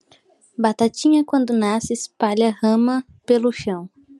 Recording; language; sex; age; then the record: short text; Brazilian Portuguese; female; 20 to 29 years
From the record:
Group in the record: control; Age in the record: 21 years